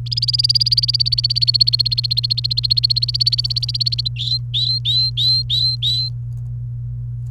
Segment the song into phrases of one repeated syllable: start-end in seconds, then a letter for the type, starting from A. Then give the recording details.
0.06-4.08 A, 4.16-6.09 B. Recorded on 28 April 2018 at 12:30. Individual llb3